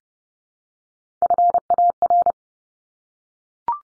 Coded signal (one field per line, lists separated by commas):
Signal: Morse code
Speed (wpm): 30 wpm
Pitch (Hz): 700 Hz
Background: none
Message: FAR